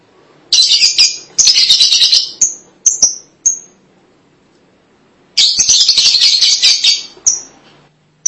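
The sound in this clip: Lovebird calling in two bursts of loud, rasping, high chatter, each trailing off into a few clipped squeaky chirps, with a quiet gap between.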